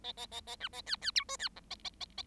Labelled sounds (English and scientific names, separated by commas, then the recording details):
Bengalese Finch (Lonchura striata domestica) song
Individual Bird7